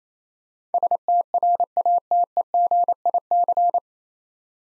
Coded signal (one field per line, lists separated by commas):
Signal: Morse code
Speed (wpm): 28 wpm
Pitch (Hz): 700 Hz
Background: none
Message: STRATEGIC